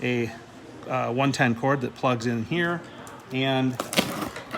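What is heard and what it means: A 110 V mains power cord is handled beside an e-bike battery charger brick while someone talks. The plug has not seated or clicked into the brick yet.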